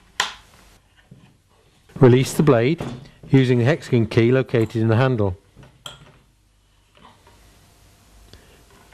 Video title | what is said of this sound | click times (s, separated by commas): GKT 55 GCE Professional | pivot the sword down until it clicks into the locked position and now | 0.2 s